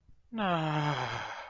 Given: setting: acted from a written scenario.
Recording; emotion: vocal sound without words; sadness